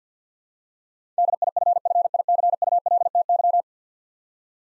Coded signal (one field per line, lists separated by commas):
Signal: Morse code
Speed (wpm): 50 wpm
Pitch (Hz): 700 Hz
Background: none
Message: DIFFICULTY